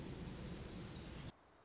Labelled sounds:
Orange-crowned Warbler (Leiothlypis celata)
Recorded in Sonoma County, California

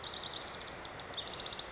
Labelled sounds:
House Wren (Troglodytes aedon)
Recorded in Sonoma County, California

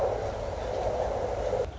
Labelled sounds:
Song Sparrow (Melospiza melodia)
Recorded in Sonoma County, California

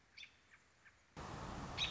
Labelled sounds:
American Robin (Turdus migratorius)
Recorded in Sonoma County, California

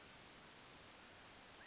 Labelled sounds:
California Quail (Callipepla californica)
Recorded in Sonoma County, California

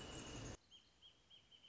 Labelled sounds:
Wrentit (Chamaea fasciata)
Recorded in Sonoma County, California

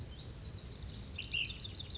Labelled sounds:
Ash-throated Flycatcher (Myiarchus cinerascens)
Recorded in Sonoma County, California

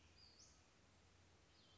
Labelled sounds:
Western Flycatcher (Empidonax difficilis)
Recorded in Sonoma County, California

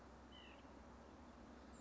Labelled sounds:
White-breasted Nuthatch (Sitta carolinensis)
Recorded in Sonoma County, California

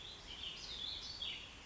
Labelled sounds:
Warbling Vireo (Vireo gilvus)
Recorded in Sonoma County, California

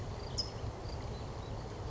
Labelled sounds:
California Towhee (Melozone crissalis)
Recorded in Sonoma County, California

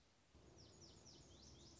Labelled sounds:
Lazuli Bunting (Passerina amoena)
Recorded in Sonoma County, California

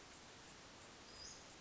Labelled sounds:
Western Flycatcher (Empidonax difficilis)
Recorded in Sonoma County, California

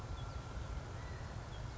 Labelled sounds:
California Quail (Callipepla californica)
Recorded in Sonoma County, California

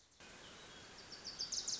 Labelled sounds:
Wilson's Warbler (Cardellina pusilla)
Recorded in Sonoma County, California

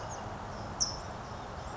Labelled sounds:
California Towhee (Melozone crissalis)
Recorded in Sonoma County, California

